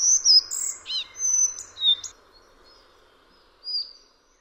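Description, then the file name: Collared flycatcher song: a quick run of high, squeaky, varied whistled notes over two seconds, a pause, then one more thin high note. "MUCHOŁÓWKA BIAŁOSZYJA"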